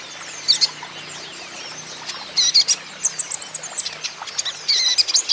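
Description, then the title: Van Hasselt's sunbird singing a lively string of shrill, buzzy chirps in clusters, with short gaps, against a noisy hiss. Green-plumaged (ijoan) bird singing actively (gacor); song used as a lure and therapy to prompt caged Van Hasselt's sunbirds to sing in reply. "KOLIBRI NINJA KONIN IJOAN GACOR COCOK UNTUK PANCINGAN TERAPI KONIN BAHAN PASTI NYAUT"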